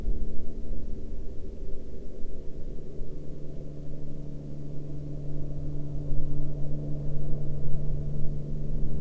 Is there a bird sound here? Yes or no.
no